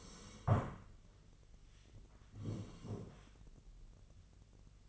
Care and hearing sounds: daily activity, microphone in the room; sit down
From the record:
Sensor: 4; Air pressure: 1013.2 hPa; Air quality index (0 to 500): 170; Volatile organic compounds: 2 ppm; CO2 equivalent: 1076 ppm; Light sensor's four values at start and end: 52/128/54/58 and 52/128/54/58

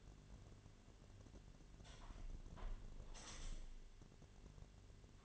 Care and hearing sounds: daily activity, microphone in the room; close window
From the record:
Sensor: 4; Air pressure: 1007.3 hPa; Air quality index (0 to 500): 201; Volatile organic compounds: 7 ppm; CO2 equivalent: 2004 ppm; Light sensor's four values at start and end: 23/73/28/27 and 23/73/28/27

